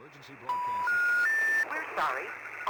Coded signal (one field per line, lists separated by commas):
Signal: telephone call progress tone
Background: speech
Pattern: special information tone